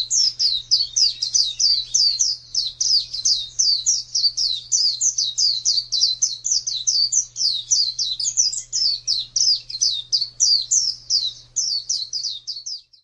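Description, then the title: White-eye song: a long, rapid, high-pitched twittering of short sweeping notes, run together almost without pause, over a faint steady low hum. "Pleci. suara"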